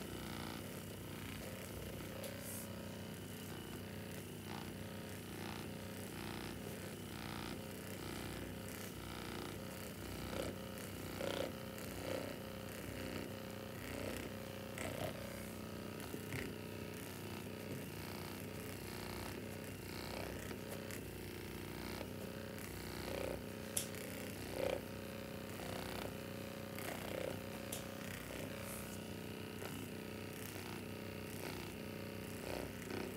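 A powered massager runs steadily through the whole stretch, its motor buzzing as a continuous layered hum with a low drone underneath. Frequent short knocks and rattles break through irregularly, suggesting the device shifting and pressing against the body, while overall loudness stays even.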